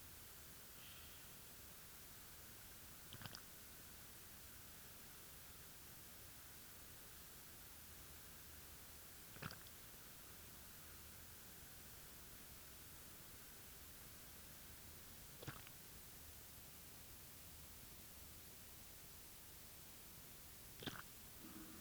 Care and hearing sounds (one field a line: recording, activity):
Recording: daily activity, guitar pickup as the sensor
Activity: drink water